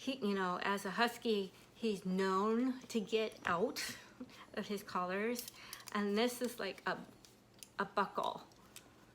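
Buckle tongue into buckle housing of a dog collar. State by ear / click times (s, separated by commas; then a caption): seated / 8.8 s. Someone talks about fastening the plastic safety buckle on a husky's collar, explaining that he is known to get out of his collars. The buckle tongue snaps into the buckle housing with a single sharp click at 8.8 seconds, seating the buckle shut.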